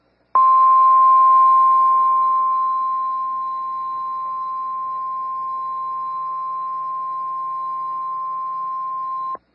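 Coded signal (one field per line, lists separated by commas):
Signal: Emergency Alert System (SAME) tones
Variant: 1050 Hz attention tone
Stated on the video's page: Real Severe Thunderstorm Warning for Texas carrying valid EAS tones.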